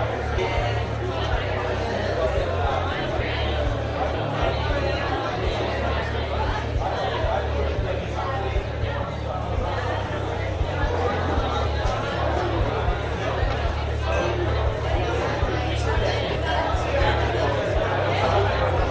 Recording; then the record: background sound without coughing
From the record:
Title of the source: CITY SOUNDS Busy Bar in the Evening Night - 2 HOURS of Ambiance for Relaxation